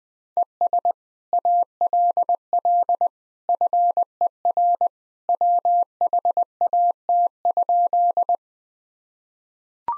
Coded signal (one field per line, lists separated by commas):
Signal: Morse code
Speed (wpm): 20 wpm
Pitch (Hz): 700 Hz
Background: none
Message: ES ALL FER WHAT?